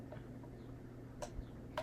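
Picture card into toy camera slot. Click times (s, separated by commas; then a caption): 1.8 s. A picture card is pushed all the way into the slot of a plastic brick-built toy camera, and faint handling sounds sit over a low steady hum. A brief rustle comes near 1.2 s, then a sharp click at 1.8 s as the card seats in the camera.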